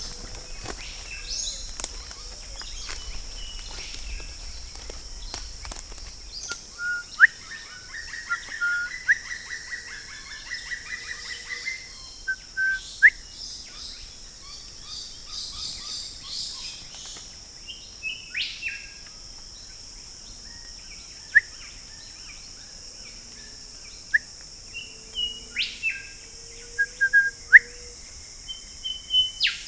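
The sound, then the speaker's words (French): A small bird sings in short, bright chirps and thin whistled phrases, scattered and irregular, over a steady high-pitched buzzing drone that runs through the whole stretch. No one speaks. “Pas très farouche comme petit oiseau.”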